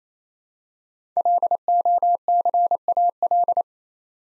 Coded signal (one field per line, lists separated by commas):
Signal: Morse code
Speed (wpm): 27 wpm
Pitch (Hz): 700 Hz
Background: none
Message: LOCAL